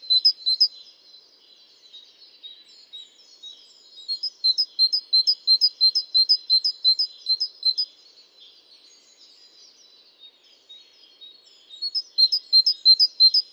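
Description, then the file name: Great tit song of high, ringing two-note phrases repeated quickly in a steady series, with a pause and then a fresh series near the end. "Parus major"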